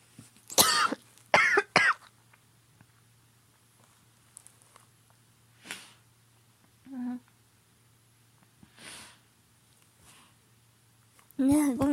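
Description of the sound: An adult woman gives three sharp, harsh coughs in quick succession in the first two seconds, followed by quieter breaths and small noises in a small room. A short stretch of voice closes the clip. These are ordinary coughs with no wheeze or whoop, coming as she is just recovering from an illness.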